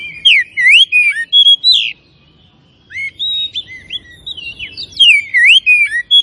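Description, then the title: Oriental magpie-robin singing bright swooping whistles and sharp high notes in quick bursts, broken by a brief pause around two to three seconds; low background rumble. Singing actively and in full voice; local variety called Tretes. "Kacer Tretes"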